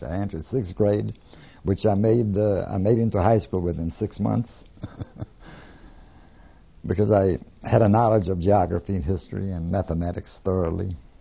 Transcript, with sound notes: I entered the sixth grade which I made, uh, into high school within six months. (He laughs.) Because I had knowledge of geography, history, and mathematics, thoroughly.